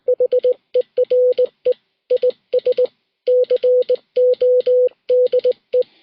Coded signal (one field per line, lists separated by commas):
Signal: Morse code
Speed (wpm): 19 wpm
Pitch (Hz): 500 Hz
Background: none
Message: HERE IS CODE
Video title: Morse Code Basics - Introduction to the Straight Key